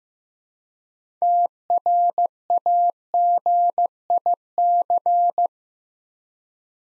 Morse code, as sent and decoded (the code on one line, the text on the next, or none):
- .-. .- --. .. -.-.
TRAGIC